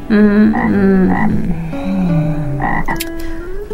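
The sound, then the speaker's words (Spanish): A toad croaks in a steady, low, buzzing run of drawn-out calls that rise and fall slightly in pitch, fairly loud, with no talking over it. “Y se fue, saltando el sapo.”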